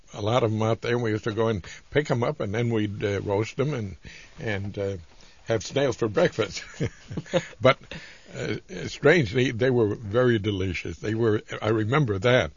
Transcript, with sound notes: a lot of them out and we used to go and pick them up and then we'd roast them and have snails for breakfast. (they laugh) But, strangely enough, they were very delicious, they were. I remember that